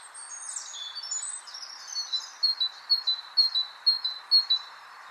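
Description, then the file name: Great tit starting with a few descending, slurred high notes, then settling into evenly repeated bright two-note phrases, with a steady hiss behind. "Parus major"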